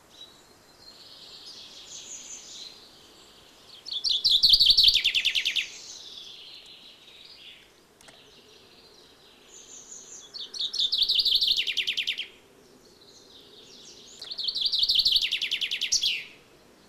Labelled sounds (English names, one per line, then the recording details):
Common Chaffinch
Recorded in the wild
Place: Martigny, Kanton Wallis, CH
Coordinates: 46.1239, 7.08528
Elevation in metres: 462
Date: 1986-03-20
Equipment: Uher 4000 Report, Sennheiser MKH 815 T
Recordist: Tretzel, Erwin